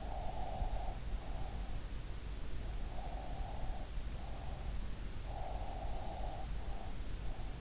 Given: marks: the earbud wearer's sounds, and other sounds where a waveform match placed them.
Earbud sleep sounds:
sounds in sleep by an in-ear microphone; breath
0.00-2.31 s: breath
2.88-7.28 s: breath

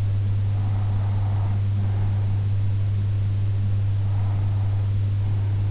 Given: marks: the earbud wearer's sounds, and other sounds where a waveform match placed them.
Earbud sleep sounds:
sounds in sleep by an in-ear microphone; breath
0.72-2.72 s: breath
3.72-5.71 s: breath

